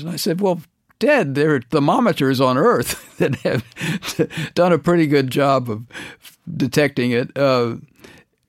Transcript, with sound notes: And I said, well, Ted, there are thermometers on Earth that have (laughter) done a pretty good job of detecting it.